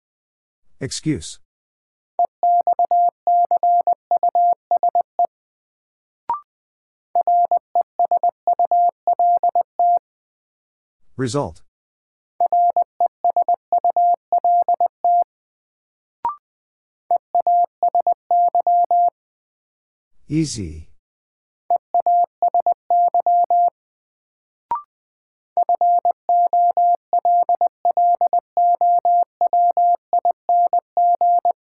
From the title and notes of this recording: First, the word is sent in Morse code. Then it is spoken. 20wpm.